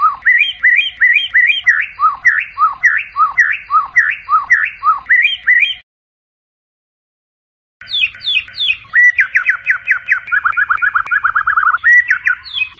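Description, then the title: White-rumped shama song: rapid repeated whistled phrases with upslurred notes, a two-second pause, then a denser run of rising and falling whistles. Song in labaik style, used for training other birds. "MURAI BATU LABAIK"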